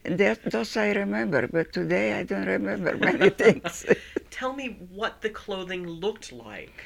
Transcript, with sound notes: Those I remember, but today I don't remember anything. [Laughs]
Tell me what the clothing looked like.